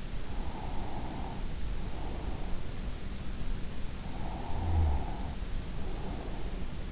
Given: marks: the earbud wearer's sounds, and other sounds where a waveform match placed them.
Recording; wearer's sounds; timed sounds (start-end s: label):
sounds in sleep by an in-ear microphone; breath
0.25-2.61 s: breath
4.03-6.83 s: breath